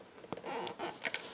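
A plastic electrical connector from an extended run fuel kit is pushed straight into the square receiver of the stock Honda harness on a Honda EU7000iS generator. After a soft rustle of handling, a short, barely audible click at 0.7 s shows it has seated, followed by a couple of fainter ticks.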